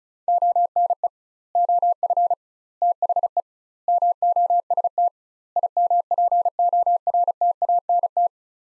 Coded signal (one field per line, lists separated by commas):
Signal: Morse code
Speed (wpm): 36 wpm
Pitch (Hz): 700 Hz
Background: none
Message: ONE OF THE MOST IMPORTANT